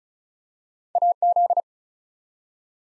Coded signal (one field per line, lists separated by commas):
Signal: Morse code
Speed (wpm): 36 wpm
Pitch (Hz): 700 Hz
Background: none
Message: AZ